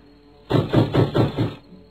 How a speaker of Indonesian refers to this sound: Sedangkan Ki Barung, laki-laki kasar dengan tubuh yang tinggi besar, menuju pintu yang semakin keras diketuk para prajurit Karang Sedana.